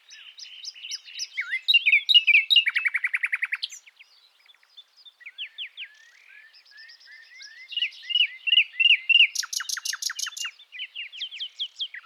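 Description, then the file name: Common nightingale song with quick chirps, a loud rapid rattle, soft slurred notes, then another fast stuttering trill of high buzzy pulses. "Luscinia megarhynchos"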